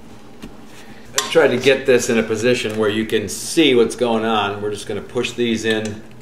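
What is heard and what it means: On a 1973 Honda CB750 custom build's final wiring, crimped wire terminals on the motorcycle harness, already fitted with a rubber boot and dielectric grease, are handled and readied to be pushed into a plastic connector housing while someone talks. The handling starts after a quiet opening, and nothing has seated or clicked yet.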